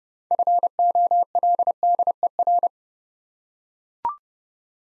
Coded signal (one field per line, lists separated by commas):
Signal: Morse code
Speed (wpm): 30 wpm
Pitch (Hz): 700 Hz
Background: none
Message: FOLDER